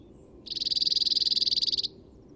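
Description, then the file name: Cirl Bunting delivers a single even, rapid rattle of identical notes for about one and a half seconds against a quiet background. "hacksparv"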